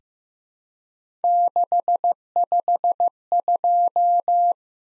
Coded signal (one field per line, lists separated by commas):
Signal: Morse code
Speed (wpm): 15 wpm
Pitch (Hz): 700 Hz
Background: none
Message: 652